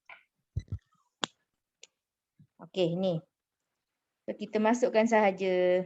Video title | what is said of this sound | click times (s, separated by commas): KELAS ARTISTRY (SKIN NUTRITION SERIES) - ALF 300921 | Dia akan bunyi tick, tu maknanya dia dah lock dekat dalam tu lah. | 1.2 s